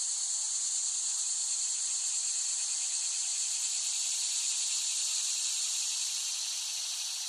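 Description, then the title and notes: Cicadas droning in a dense, steady high-pitched buzz that holds unbroken for the whole stretch. Cicadas in West Brighton, Staten Island, late summer 2008, by Dan Bodah. "Dronecast No. 021: The Cicadas of Summer. Recording of cicadas made by Dan Bodah in West Brighton, Staten Island, late summer 2008"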